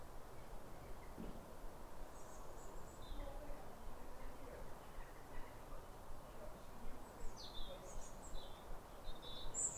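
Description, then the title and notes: European robin song in short, faint, high phrases, one falling, mostly in the second half, heard against a constant low background hum. Pair of robins in neighbouring gardens singing back and forth like a duet at a clear, calm, rosy winter sunrise after weeks of rain, around New Year, countryside. "Sound Escape 150: Be uplifted by a chorus of New Year's robins. After weeks of rain, it's a clear, calm rosy sunrise. A pair of robins in neighbouring gardens welcome the early sun with wistful phrases as if chatting over the fence. It's a duet to warm the soul in the depths of winter."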